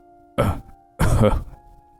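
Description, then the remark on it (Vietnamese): A man has a coughing fit and clutches his chest, coughing twice, two harsh, raspy bursts about half a second apart, the second longer and heavier, over a faint steady hum. “Ông ta ho lên một trận rồi ôm ngực mình.”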